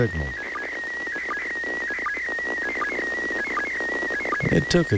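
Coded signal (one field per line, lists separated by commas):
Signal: SSTV (slow-scan television)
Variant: PD 180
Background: speech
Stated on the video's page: SSTV from the ISS.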